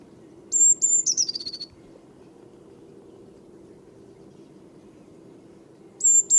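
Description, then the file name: Eurasian blue tit singing a phrase of two high thin whistled notes followed by a quick descending trill; another phrase starts at the very end, over a low steady hum. "Cyanistes caeruleus"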